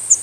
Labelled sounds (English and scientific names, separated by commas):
Yellow-throated Warbler (Setophaga dominica) flight call